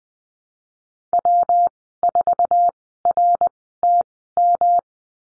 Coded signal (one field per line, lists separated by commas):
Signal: Morse code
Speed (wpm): 20 wpm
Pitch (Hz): 700 Hz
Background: none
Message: W4RTM